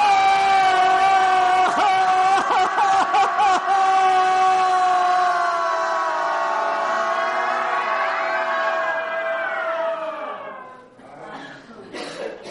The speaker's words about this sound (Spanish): Buscáis el centro entre las mamas, el centro del esternón. Ponemos la uña, cogemos así y ayudamos a clavar la uña. Y en el momento que hagamos eso, vamos a gritar y todo lo que podamos. Cogemos aire. ¡Ah!